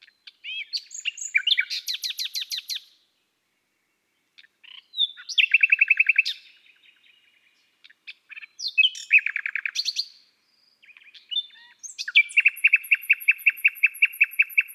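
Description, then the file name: Common nightingale song: loud varied phrases of rapid repeated notes and chirps, separated by short pauses, ending in a long fast trill. "Rossignol philomele Chants doiseaux des bois et des forets"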